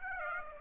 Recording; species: mosquito wingbeat signal from an infrared sensor; Aedes aegypti